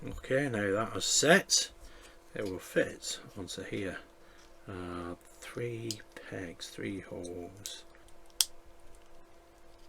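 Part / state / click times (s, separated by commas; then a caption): plastic model kit part onto a peg mount on the radar assembly / seated / 8.4 s. Someone talks while a plastic radar assembly part from an AH-64 Apache helicopter model kit is lined up with a peg mount of three pegs and three holes. The part is pressed onto the pegs with one sharp snap at 8.4 s, and it seats in place.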